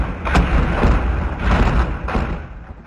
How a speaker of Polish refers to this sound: O, słyszałeś, gdzieś tam wybuchł pocisk.